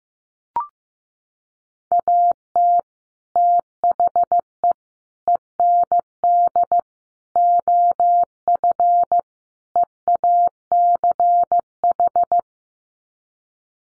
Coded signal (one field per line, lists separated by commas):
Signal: Morse code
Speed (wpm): 15 wpm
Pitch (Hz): 700 Hz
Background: none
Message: AT THE END OF EACH